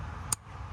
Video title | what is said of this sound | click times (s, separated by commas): Ram 1500 Corsa Cold Air Intake Install (2019+) | Make sure you hear the click when you push it on to make sure that the tab is engaged correctly, | 0.3 s